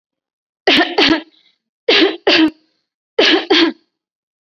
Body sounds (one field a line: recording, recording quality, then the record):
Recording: heavy voluntary cough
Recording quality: excellent, no background noise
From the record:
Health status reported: COVID-19 positive, no symptoms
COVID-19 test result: positive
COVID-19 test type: RT-PCR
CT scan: not taken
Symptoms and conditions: none ticked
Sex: female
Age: 18 years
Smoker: no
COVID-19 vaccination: both doses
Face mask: worn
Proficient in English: yes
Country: India